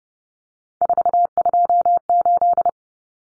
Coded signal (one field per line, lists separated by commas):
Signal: Morse code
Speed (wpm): 30 wpm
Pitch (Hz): 700 Hz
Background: none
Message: 428